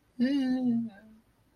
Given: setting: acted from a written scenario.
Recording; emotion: vocal sound without words; embarrassment